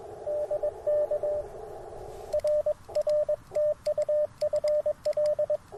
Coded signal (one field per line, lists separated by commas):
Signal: Morse code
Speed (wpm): 22 wpm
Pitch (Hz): 590 Hz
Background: radio noise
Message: DK RR TU FL